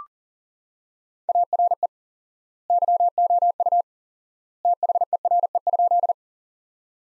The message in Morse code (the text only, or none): ARE YOU THERE?